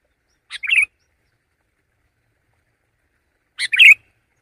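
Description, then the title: Sooty-headed bulbul singing two brief chirpy phrases, each a quick stutter leading into a warbled note, separated by about three seconds of quiet. "kutilang"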